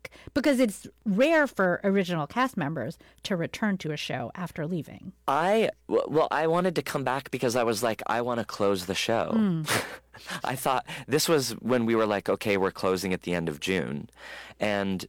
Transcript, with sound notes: Because it's rare for original cast members to return to a show after leaving.
Well, I wanted to come back because I was like, I want to close the show (laughter). I thought - this was when we were like, OK, we're closing at the end of June.